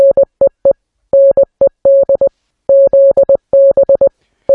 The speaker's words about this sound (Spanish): Nos has pasado, y lo vamos a escuchar, una grabación, Giuseppe, que tiene que ver con ese código que has mencionado, el código Morse, sí, ¿no?